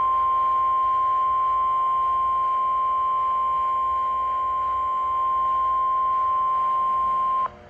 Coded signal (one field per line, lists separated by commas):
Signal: Emergency Alert System (SAME) tones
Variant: 1050 Hz attention tone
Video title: (EAS #435) Severe Thunderstorm Watch #267